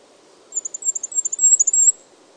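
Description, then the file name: Goldcrest giving one short song phrase of very high, thin notes in a quick, rhythmic run lasting about one and a half seconds. "Regolo"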